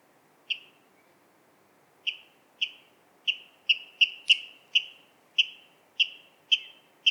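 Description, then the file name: Water rail calling clipped kip notes, one alone, then a loose series about twice a second, one note sharper and higher than the rest. "Waterral Rallus aquaticus"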